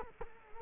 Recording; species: mosquito wingbeat signal from an infrared sensor; Culex quinquefasciatus